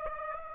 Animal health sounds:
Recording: mosquito wingbeat signal from an infrared sensor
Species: Aedes aegypti

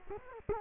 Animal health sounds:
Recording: mosquito wingbeat signal from an infrared sensor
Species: Culex quinquefasciatus

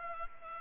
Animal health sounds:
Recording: mosquito wingbeat signal from an infrared sensor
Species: Culex pipiens

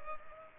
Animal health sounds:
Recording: mosquito wingbeat signal from an infrared sensor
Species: Culex pipiens

